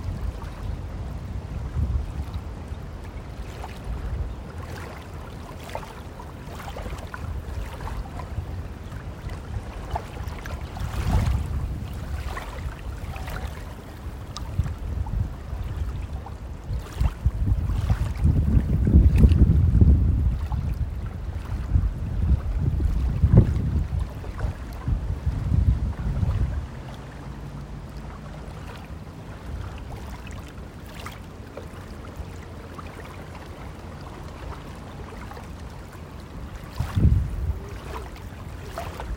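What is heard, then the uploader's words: Morning at Alcudia Beach, Mallorca: a steady low rumble of wind and water, swelling into a heavier surge around twenty seconds, with faint clicks scattered throughout. Alcudia Beach in the morning, Mallorca, Spain. We were the first ones in at the local beach.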